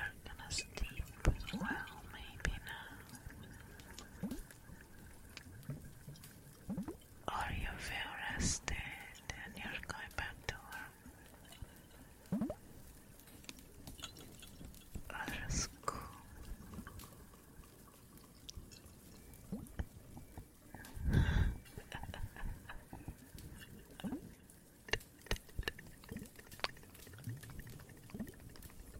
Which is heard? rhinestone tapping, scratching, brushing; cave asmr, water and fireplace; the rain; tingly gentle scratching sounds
cave asmr, water and fireplace